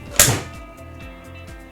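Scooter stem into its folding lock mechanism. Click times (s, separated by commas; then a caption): 0.2 s. A Micro Merlin electric scooter, unfolded on a table, has its stem pushed forward firmly into its folding lock mechanism with the blue button. A single loud, sharp click rings out at 0.2 s and fades over steady faint background tones. The fold latch locks open and the scooter is locked.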